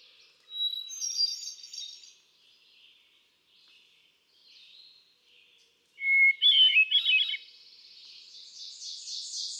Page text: Birdsong for the Curious Naturalist. Hermit thrush. June 13, 2006. Quabbin Park, Ware, Massachusetts